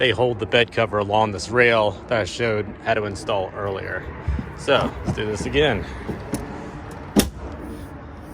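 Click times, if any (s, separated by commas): 7.2 s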